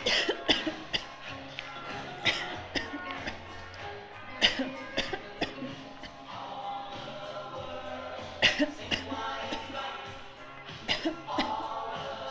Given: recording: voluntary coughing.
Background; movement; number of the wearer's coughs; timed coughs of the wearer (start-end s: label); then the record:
music; walking; 14
0.02-0.38 s: cough
0.38-0.79 s: cough
0.79-1.13 s: cough
2.15-2.57 s: cough
2.57-3.12 s: cough
3.12-3.48 s: cough
4.40-4.82 s: cough
4.94-5.24 s: cough
5.39-5.59 s: cough
8.39-8.73 s: cough
8.89-9.31 s: cough
9.31-9.69 s: cough
10.86-11.18 s: cough
11.18-11.60 s: cough
From the record:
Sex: female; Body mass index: 25.5 kg/m2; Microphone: on the chest, facing the body